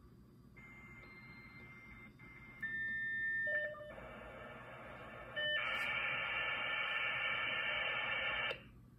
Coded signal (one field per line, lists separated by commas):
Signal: dial-up modem handshake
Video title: Modem (with bonus twitchy sleeping cat)